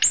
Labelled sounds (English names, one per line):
Ovenbird flight call